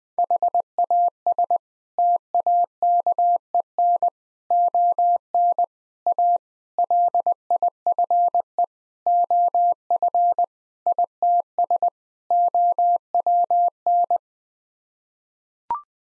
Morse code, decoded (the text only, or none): HAS TAKEN ON A LIFE OF ITS OWN